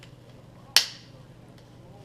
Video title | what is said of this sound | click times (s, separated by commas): Dodge Dart control disassembly PT2 | just snap right in like | 0.8 s